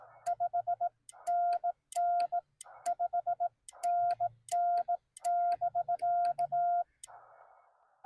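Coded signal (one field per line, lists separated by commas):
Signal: Morse code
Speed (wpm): 18 wpm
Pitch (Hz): 700 Hz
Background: none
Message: 5NN 5NN<BK>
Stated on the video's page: CW Parks on the Air activation by a newbie, Yaesu FT-891 with a 17-foot telescoping whip.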